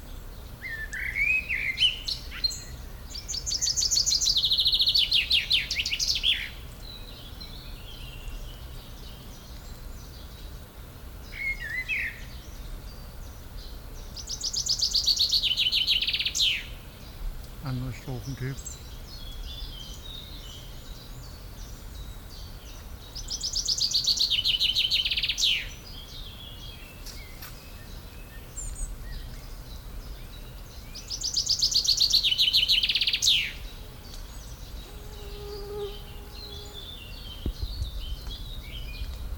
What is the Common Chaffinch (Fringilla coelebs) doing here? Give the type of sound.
song